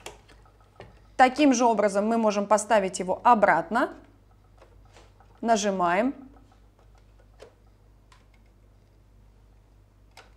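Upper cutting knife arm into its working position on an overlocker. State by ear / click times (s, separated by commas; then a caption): not seated / none. On a household overlocker, the retracted metal upper cutting knife arm is handled back toward its working position after the release button is pressed. Someone talks over faint taps and handling ticks while the knife is lowered. Nothing has seated or clicked into place yet.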